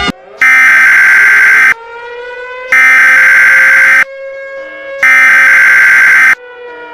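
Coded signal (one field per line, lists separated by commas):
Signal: Emergency Alert System (SAME) tones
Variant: header bursts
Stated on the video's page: Fictional EAS mock, a remake of an earlier one.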